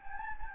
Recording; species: mosquito wingbeat signal from an infrared sensor; Anopheles gambiae